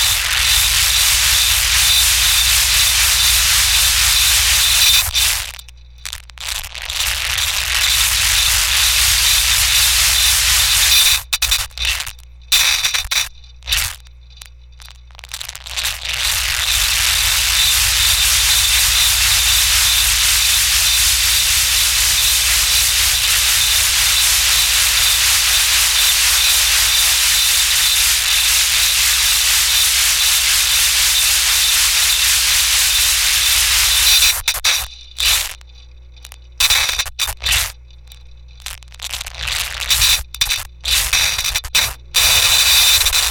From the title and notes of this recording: Film tins filled with objects including nails, tacks, ball bearings and other miscellaneous objects. The film tins were then equipped with piezo microphones plugged into amps then placed atop upward facing speakers. The studio configuration consisted of two vintage tape decks, a vintage 1/4" reel-to-reel, two mixers, multiple microphones, multiple piezos, analog synths and effects pedals.